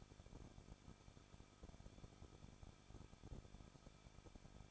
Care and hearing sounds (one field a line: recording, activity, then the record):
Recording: daily activity, microphone in the room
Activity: no activity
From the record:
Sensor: 5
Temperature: 20.8 degrees Celsius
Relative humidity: 38.2%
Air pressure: 1006.5 hPa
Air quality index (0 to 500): 187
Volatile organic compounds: 18 ppm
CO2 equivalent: 2620 ppm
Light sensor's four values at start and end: 2/3/1/1 and 2/3/1/1